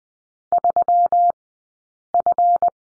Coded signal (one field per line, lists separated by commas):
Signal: Morse code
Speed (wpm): 20 wpm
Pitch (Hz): 700 Hz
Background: none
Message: 3F